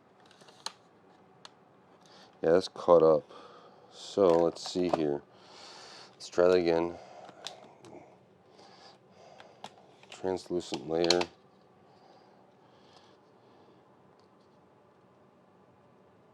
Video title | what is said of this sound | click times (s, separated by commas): Framework 13 AMD AI 300 DIY - Building a Laptop | I don't know if it broke or if it just didn't snap together quite right. | 7.5 s